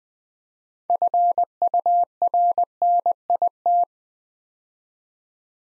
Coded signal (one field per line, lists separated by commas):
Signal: Morse code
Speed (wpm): 20 wpm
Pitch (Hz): 700 Hz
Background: none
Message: FURNIT